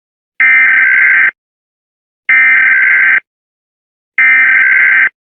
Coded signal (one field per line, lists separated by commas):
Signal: Emergency Alert System (SAME) tones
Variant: header bursts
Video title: SCP-001 "When Day Breaks" EAS Scenerio Part 1